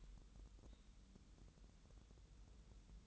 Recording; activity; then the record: daily activity, microphone in the room; take from stove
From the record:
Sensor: 3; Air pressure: 988.3 hPa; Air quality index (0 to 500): 190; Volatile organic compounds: 258 ppm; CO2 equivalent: 4381 ppm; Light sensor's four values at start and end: 24/75/31/27 and 24/75/31/27